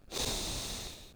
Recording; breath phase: one breath near a microphone; exhalation